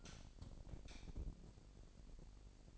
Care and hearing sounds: daily activity, microphone in the room; light off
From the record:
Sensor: 5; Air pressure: 1012.1 hPa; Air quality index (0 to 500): 249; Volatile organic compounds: 5 ppm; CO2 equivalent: 1706 ppm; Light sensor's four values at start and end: 41/99/41/44 and 40/93/39/41

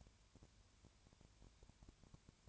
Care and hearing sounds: daily activity, microphone in the room; no activity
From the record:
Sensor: 2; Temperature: 20.3 degrees Celsius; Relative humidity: 33.8%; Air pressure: 1003.2 hPa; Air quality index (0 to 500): 82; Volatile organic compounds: 1 ppm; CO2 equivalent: 786 ppm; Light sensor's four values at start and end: 2/3/2/2 and 2/3/2/2

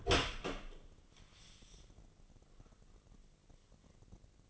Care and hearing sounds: daily activity, microphone in the room; open door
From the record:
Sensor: 4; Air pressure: 1013.2 hPa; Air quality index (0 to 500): 178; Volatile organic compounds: 2 ppm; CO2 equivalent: 1120 ppm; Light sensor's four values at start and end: 70/172/72/73 and 88/219/91/96

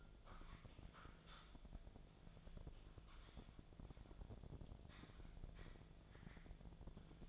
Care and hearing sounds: daily activity, microphone in the room; typing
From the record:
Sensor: 5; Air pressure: 1000.3 hPa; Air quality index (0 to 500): 116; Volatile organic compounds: 1 ppm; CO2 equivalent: 928 ppm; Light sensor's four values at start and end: 125/293/126/136 and 125/294/127/136

